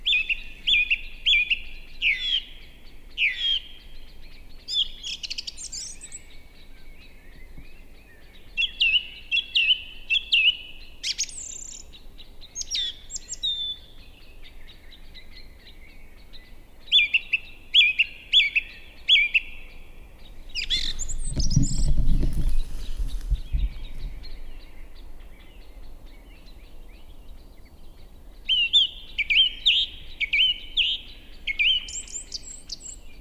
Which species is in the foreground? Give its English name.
Song Thrush